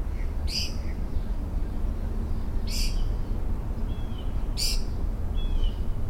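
Mockingbird song: three loud rasping bursts a couple of seconds apart, with a few soft whistled notes between, over steady low background rumble.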